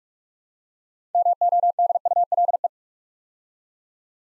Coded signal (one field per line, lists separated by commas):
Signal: Morse code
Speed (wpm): 44 wpm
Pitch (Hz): 700 Hz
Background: none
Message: MODULE